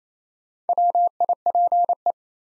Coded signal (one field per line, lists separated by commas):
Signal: Morse code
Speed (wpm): 29 wpm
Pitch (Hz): 700 Hz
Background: none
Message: WIPE